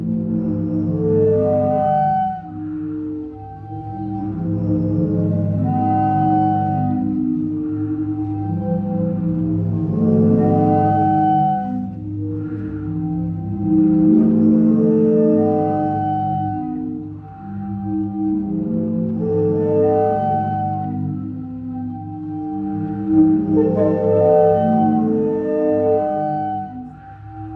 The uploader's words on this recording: Die Meeresorgel in Zadar. Sie klingt zeitgleich zart und kraftvoll.